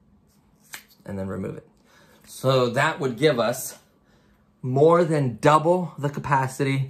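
A plastic battery adapter plug is pushed fully home into the battery connector of an NKOK Dodge Hellcat RC car with a 1/10 scale body, seating with a sharp snap-like click at 0.7 s. After that, someone talks.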